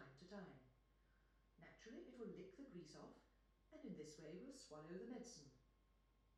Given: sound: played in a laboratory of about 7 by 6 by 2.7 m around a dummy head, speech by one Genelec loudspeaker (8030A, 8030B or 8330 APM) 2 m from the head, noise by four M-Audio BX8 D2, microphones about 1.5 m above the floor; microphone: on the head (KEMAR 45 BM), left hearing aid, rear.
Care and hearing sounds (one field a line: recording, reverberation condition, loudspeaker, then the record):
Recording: female speech in English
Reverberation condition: medium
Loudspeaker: 60 degrees to the right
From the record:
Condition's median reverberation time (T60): about 510 ms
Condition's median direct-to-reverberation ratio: about -0.5 dB